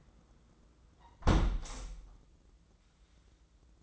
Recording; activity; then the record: daily activity, microphone in the room; close window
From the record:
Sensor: 3